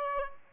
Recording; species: mosquito wingbeat signal from an infrared sensor; Aedes albopictus